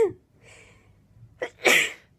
Rapid Sneezing Fit. She's sitting in bed. And she's just sneezing.